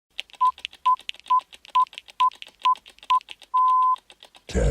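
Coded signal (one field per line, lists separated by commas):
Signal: none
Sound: countdown timer beeps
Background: speech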